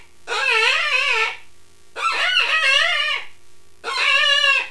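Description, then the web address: Rabbit squeals, three long wavering harmonic cries separated by brief pauses. "wild-game-downloads rabbits"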